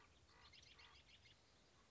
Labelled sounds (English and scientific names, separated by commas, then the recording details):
Common Raven (Corvus corax)
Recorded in Sonoma County, California